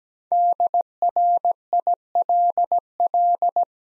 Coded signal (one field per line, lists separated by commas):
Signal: Morse code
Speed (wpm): 17 wpm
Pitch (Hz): 700 Hz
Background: none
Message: DRILL